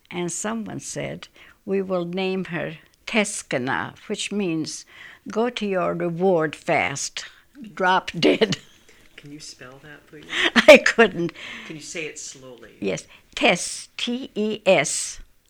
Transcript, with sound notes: And someone said, "We will name her Teskana, which means go to your reward fast, drop dead." (she laughs)
Can you spell that, please?
(she laughs) I couldn't.
Can you say it slowly?
Yes. Tes, T-E-S,